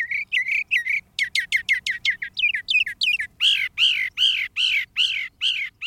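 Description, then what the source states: Northern Mockingbird song: quick repeated phrases that switch style, with chirps, rapid runs of sharp notes, then several harsh burry notes. A mimic that sounds like other birds.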